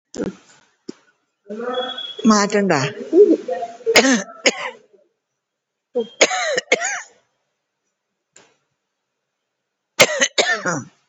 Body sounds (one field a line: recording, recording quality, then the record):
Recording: shallow voluntary cough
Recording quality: moderate, slight background noise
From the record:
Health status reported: COVID-19 positive, mild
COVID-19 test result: positive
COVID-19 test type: RT-PCR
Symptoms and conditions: cough, fatigue, hypertension, diabetes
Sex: female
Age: 78 years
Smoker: no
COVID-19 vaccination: one dose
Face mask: worn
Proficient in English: yes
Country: India